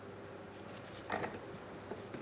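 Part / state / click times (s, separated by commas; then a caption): wiring connector into fog light / not seated / none. An electrical connector is handled against a fog light on a 2008-2016 Chrysler Town & Country, with faint low rustling and a brief louder handling sound around 1.1 s. Nothing has seated or clicked yet; the connector is not yet home.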